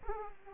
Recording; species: mosquito wingbeat signal from an infrared sensor; Aedes aegypti